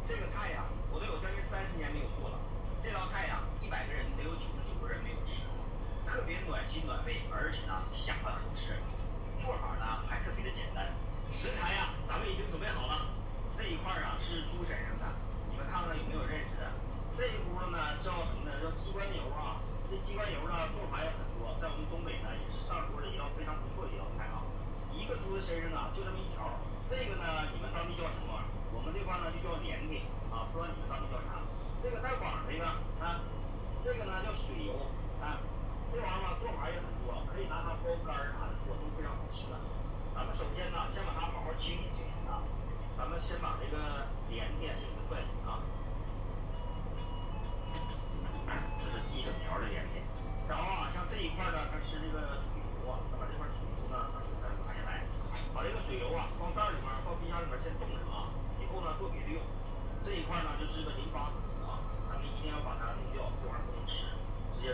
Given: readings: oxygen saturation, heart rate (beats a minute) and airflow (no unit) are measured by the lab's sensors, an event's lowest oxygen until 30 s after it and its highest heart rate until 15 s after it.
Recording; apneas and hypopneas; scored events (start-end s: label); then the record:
a person awake in a sleep study, by a smartphone at the bedside; none
0.00-64.74 s: awake
From the record:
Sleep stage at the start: awake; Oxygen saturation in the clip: 92 to 93%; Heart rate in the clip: 60 to 75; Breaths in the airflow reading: 22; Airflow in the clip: -6.3 to 5.5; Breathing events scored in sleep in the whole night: 476 in 9.7 hours asleep